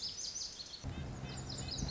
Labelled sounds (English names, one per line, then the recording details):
Lazuli Bunting
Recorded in Sonoma County, California